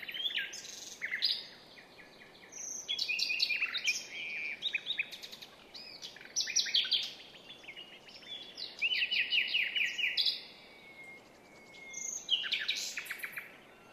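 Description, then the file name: Common nightingale singing varied phrases of rattles, clicks, trills and whistles, repeated in bursts with brief silences over steady faint hiss. "Luscinia megarhynchos"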